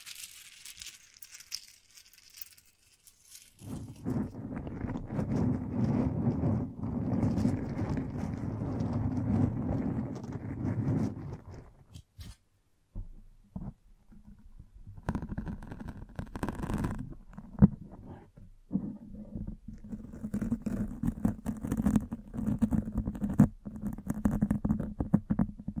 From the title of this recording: Mic Brushing and Scratching